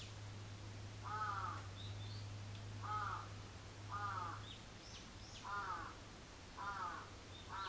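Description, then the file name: Crow cawing slowly, about six rasping caws, with small birds chirping high in the background and a constant low hum. Recorded 14 July 2022 at 06:37. "karasu-in 220714 0637"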